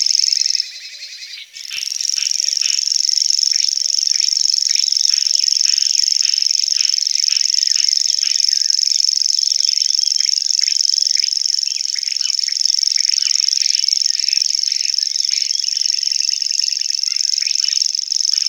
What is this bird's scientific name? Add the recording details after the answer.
Locustella naevia. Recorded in the wild. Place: Flögelner See, Schleswig-Holstein, DE. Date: 1985-05-17. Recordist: Schwarz, Dieter. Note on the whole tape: Song